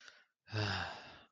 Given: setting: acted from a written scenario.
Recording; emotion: vocal sound without words; sadness